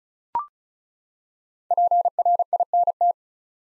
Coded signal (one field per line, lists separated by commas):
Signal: Morse code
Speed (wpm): 36 wpm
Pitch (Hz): 700 Hz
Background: none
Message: PRINT